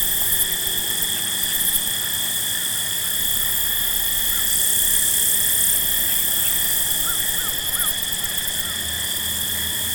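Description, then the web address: Field crickets keep up a steady shrill chorus while brief soft chirping notes from another animal appear faintly near the end. Field crickets at night. "Dr Sound Effects. Field Crickets At Night"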